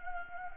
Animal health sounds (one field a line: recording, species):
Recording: mosquito wingbeat signal from an infrared sensor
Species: Anopheles gambiae